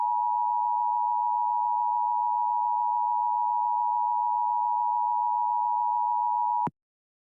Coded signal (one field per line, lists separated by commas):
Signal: Emergency Alert System (SAME) tones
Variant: 853 and 960 Hz attention tone